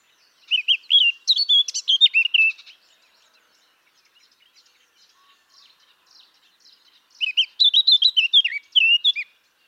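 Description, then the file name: Eurasian blackcap song: two bursts of rich, fast warbling with chattering notes, each about two seconds long, separated by four to five seconds of near silence. "Sylvia atricapilla"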